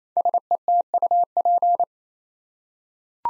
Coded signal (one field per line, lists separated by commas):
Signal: Morse code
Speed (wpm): 28 wpm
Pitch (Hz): 700 Hz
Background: none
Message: SETUP